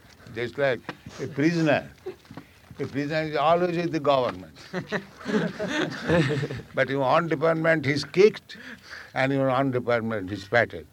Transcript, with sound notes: Just like a prisoner. A prisoner is always with the government, [laughter] but in one department he is kicked, and in one department he is patted.